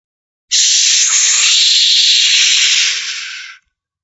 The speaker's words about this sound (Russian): Зашипела система, неприученная к тому, чтобы по ней колотили инопланетные археологи.